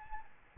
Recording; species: mosquito wingbeat signal from an infrared sensor; Aedes albopictus